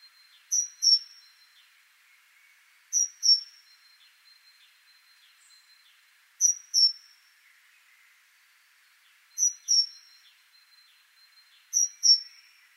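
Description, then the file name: Great tit repeating a crisp pair of high, thin notes every few seconds, five pairs in all, with a faint insect-like buzz behind. "Parus major"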